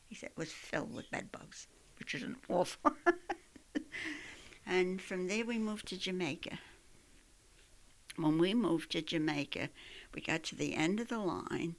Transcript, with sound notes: He said it was filled with bedbugs, which is an awful. ( she laughs ) And from there we moved to Jamaica. When we moved to Jamaica, we got to the end of the line,